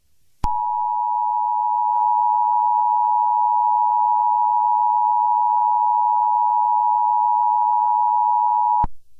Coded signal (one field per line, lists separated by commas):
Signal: Emergency Alert System (SAME) tones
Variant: 853 and 960 Hz attention tone